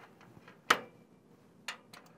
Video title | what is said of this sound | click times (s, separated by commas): Newegg TV: Thermaltake V9 BlacX Flex Edition ATX Mid Tower Case Unboxing | twist in twist out locked into place | 0.7 s, 1.7 s